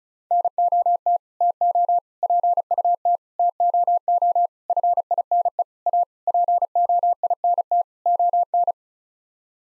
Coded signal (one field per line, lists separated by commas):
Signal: Morse code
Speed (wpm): 34 wpm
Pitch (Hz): 700 Hz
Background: none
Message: NOT TO PUT TOO FINE A POINT ON